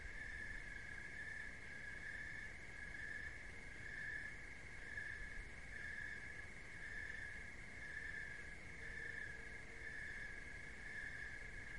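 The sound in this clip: Cricket trills steadily, its high tone swelling in beats roughly each second, set against low rumble; a faint lower tone appears briefly near the end.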